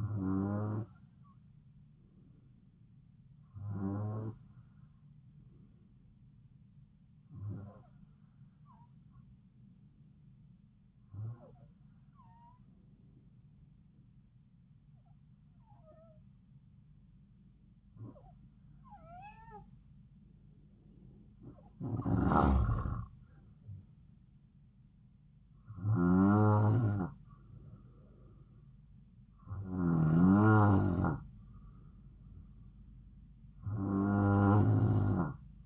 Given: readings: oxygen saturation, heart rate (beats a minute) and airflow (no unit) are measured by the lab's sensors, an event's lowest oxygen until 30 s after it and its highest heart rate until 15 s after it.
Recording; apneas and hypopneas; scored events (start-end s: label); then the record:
breathing in sleep by a smartphone at the bedside; 1
4.00-20.00 s: hypopnea (N2, oxygen 94% highest, then 90% lowest, heart rate 70 at the start, 73 highest)
From the record:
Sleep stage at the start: N2 (light sleep); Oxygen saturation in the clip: 91 to 94%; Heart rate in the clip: 68 to 73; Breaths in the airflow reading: 10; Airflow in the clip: -4.7 to 9.8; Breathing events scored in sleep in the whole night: 270 in 6.1 hours asleep